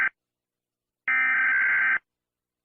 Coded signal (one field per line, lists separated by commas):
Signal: Emergency Alert System (SAME) tones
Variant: header bursts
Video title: EAS Scenario Evil Dead Mandaree